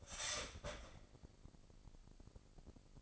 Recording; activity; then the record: daily activity, microphone in the room; start toaster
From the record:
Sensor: 5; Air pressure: 1007.4 hPa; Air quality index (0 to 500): 125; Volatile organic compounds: 1 ppm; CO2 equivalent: 955 ppm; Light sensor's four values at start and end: 25/59/24/24 and 25/59/24/24